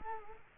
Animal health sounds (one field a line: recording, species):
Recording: mosquito wingbeat signal from an infrared sensor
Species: Culex quinquefasciatus